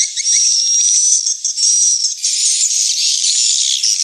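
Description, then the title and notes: Swiftlet chorus of high chirps and a thin sustained whistle, turning into a denser, buzzier twitter halfway through. Lure sound for a swiftlet house, Tien Giang, Vietnam; part of the AKAU swiftlet sound collection. "Am thanh nha yen Akau Vietnam - Tien giang. Những âm thanh chim yến thuộc thương hiệu AKAU"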